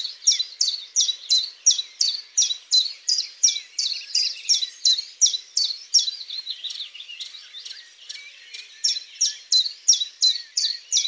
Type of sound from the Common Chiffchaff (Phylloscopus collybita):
song